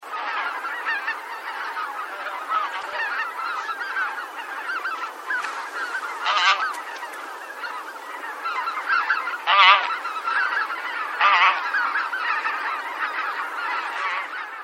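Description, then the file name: Bean goose: bean geese honking as a flock, a continuous mass of overlapping nasal calls with a few louder honks standing out. "hisikui"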